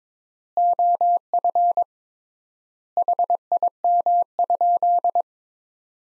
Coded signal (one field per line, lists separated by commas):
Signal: Morse code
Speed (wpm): 22 wpm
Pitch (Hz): 700 Hz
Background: none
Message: OF HIM?